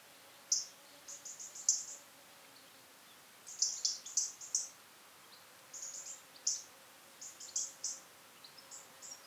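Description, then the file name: European robin calls: sharp, high ticking notes in quick clusters, with pauses between groups. "Erithacus rubecula"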